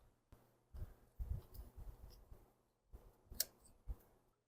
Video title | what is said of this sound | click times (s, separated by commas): Earthquake 43cc Posthole Digger Won't Start & Pull Rope is Broken | push down until it clicks | 3.4 s